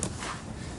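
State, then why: Seated. A colour-coded plastic wire plug from the backrest of a Pride Vivalift Premier PLR 5900 lift chair is pushed into its mating connector in the chair base; these connectors only clip in one way. One sharp click is heard at 0.0 s, confirming the connector has seated, followed by a low, steady background for the rest of the clip.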